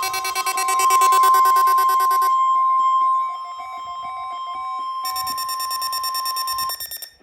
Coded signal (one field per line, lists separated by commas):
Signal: Emergency Alert System (SAME) tones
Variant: 1050 Hz attention tone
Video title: EAS - CRP and EWX Required Weekly Test on WXK26 and WNG523 - 07/10/2024 to 07/17/2024